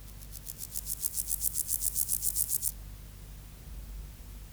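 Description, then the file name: Meadow grasshopper song: a run of short rasping high pulses repeated several times per second for under three seconds, slowly growing louder, then stopping; low hum underneath. "Chorthippus parallelus"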